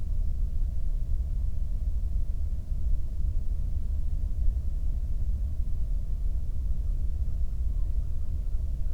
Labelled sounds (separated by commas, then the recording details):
near silence
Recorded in the Prudhoe Bay oil fields, Alaska, on 22 May 2019 at 01:07
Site 19